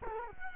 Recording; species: mosquito wingbeat signal from an infrared sensor; Culex quinquefasciatus